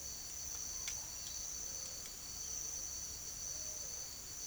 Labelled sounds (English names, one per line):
none